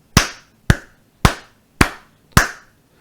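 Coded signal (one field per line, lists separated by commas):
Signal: tap code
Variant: Polybius-square knock code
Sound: five evenly paced sharp knocks, each ringing briefly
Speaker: followed by five taps. And now he received the E.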